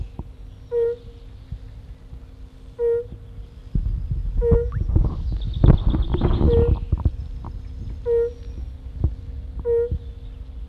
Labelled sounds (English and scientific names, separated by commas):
Fire-Bellied Toad (Bombina bombina) call